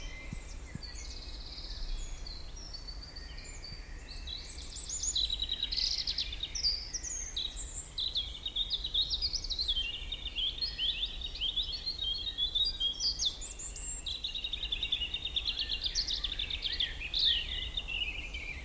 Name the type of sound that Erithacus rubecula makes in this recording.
song